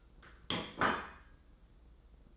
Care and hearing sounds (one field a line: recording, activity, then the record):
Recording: daily activity, microphone in the room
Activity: place plate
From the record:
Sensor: 3